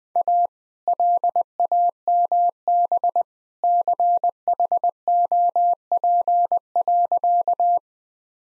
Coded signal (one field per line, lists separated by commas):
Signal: Morse code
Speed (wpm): 21 wpm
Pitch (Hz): 700 Hz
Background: none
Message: A LAMB CHOP.